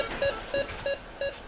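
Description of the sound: Rapid, regular mid-pitched monitor beeps; rising pitch and rate warn clinicians something is wrong.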